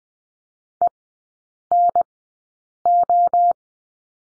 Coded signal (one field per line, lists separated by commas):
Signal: Morse code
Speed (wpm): 20 wpm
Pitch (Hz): 700 Hz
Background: none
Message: ENO